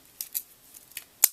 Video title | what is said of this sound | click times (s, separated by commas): DIY: Thread Spool Ink Applicators for Alcohol Inks | You hear it snap, and then you peel that back, and somehow you hang pictures. | 1.2 s